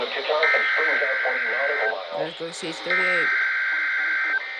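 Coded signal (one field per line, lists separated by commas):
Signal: Emergency Alert System (SAME) tones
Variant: header bursts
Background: speech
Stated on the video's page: Received EAS alerts for Hurricane Helene across Florida, including uncommon and rare alert types.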